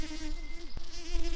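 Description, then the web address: Tree bumblebee buzz, a steady low hum that wavers slightly in pitch, with a brief click near the middle and faint background noise. Worker bees. "Hypnorum workers"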